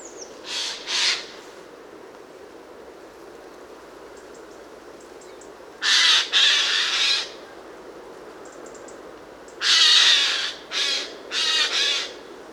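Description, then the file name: Eurasian jay with scattered rasping screech calls, short bursts early, then longer harsh calls near six and ten seconds, quiet hiss between. "Garrulus glandarius"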